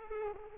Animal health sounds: mosquito wingbeat signal from an infrared sensor; Aedes aegypti

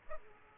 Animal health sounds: mosquito wingbeat signal from an infrared sensor; Aedes aegypti

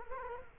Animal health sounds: mosquito wingbeat signal from an infrared sensor; Culex quinquefasciatus

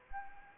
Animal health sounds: mosquito wingbeat signal from an infrared sensor; Anopheles arabiensis

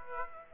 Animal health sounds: mosquito wingbeat signal from an infrared sensor; Aedes aegypti

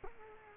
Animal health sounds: mosquito wingbeat signal from an infrared sensor; Culex quinquefasciatus

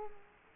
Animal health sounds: mosquito wingbeat signal from an infrared sensor; Culex quinquefasciatus

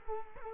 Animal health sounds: mosquito wingbeat signal from an infrared sensor; Culex quinquefasciatus

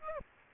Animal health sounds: mosquito wingbeat signal from an infrared sensor; Aedes aegypti

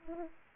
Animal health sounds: mosquito wingbeat signal from an infrared sensor; Aedes aegypti

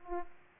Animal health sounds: mosquito wingbeat signal from an infrared sensor; Aedes aegypti

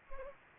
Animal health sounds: mosquito wingbeat signal from an infrared sensor; Anopheles gambiae

